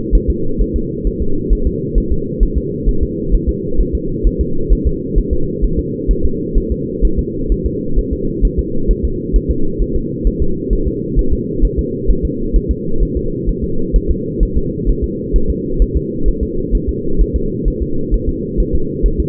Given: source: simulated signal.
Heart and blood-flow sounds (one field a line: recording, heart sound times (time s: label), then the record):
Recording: fetal heart sounds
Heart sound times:
0.15 s: S1
0.30 s: S2
0.62 s: S1
0.76 s: S2
1.07 s: S1
1.22 s: S2
1.53 s: S1
1.67 s: S2
1.98 s: S1
2.12 s: S2
2.43 s: S1
2.58 s: S2
2.89 s: S1
3.03 s: S2
3.34 s: S1
3.49 s: S2
3.81 s: S1
3.95 s: S2
4.27 s: S1
4.41 s: S2
4.73 s: S1
4.87 s: S2
5.18 s: S1
5.33 s: S2
5.64 s: S1
5.79 s: S2
6.11 s: S1
6.25 s: S2
6.58 s: S1
6.72 s: S2
7.05 s: S1
7.19 s: S2
7.52 s: S1
7.66 s: S2
7.99 s: S1
8.13 s: S2
8.45 s: S1
8.59 s: S2
8.91 s: S1
9.05 s: S2
9.36 s: S1
9.51 s: S2
9.82 s: S1
9.96 s: S2
10.27 s: S1
10.42 s: S2
10.73 s: S1
10.88 s: S2
11.19 s: S1
11.33 s: S2
11.65 s: S1
11.79 s: S2
12.10 s: S1
12.25 s: S2
12.56 s: S1
12.71 s: S2
13.03 s: S1
13.17 s: S2
13.49 s: S1
13.64 s: S2
13.96 s: S1
14.11 s: S2
14.43 s: S1
14.57 s: S2
14.90 s: S1
15.04 s: S2
15.36 s: S1
15.50 s: S2
15.82 s: S1
15.97 s: S2
16.28 s: S1
16.43 s: S2
16.75 s: S1
16.89 s: S2
17.21 s: S1
17.36 s: S2
17.68 s: S1
17.83 s: S2
18.14 s: S1
18.29 s: S2
18.60 s: S1
18.75 s: S2
19.06 s: S1
19.20 s: S2
From the record:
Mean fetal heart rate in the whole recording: 130 bpm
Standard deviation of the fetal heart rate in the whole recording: 2 bpm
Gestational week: 36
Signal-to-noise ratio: -8.1 dB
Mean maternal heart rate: 72 bpm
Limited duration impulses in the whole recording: absent